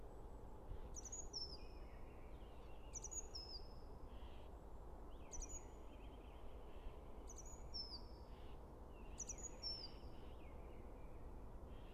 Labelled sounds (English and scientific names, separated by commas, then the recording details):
Great Tit (Parus major) song
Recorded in the wild
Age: adult
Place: Bernau bei Berlin, Barnim, Brandenburg, DE
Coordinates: 52.6958, 13.5256
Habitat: coniferous forest
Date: 2008-03-21
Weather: clear, -2°C, no wind
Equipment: Zoom H2
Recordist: Frommolt, Karl-Heinz